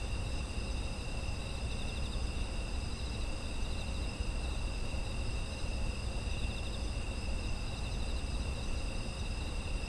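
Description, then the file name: Insects calling in a continuous multi-pitched trill chorus, some bands faintly pulsing, over constant low rumble. Autumn insects; ambient environmental sound offered as background audio. "秋の虫の環境音"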